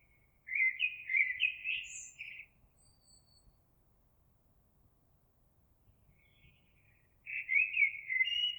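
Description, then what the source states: Eurasian blackbird song: two warbled, fluty phrases about seven seconds apart, the first with a brief high squeaky twitter, a quiet gap between. Recorded 26 April 2022.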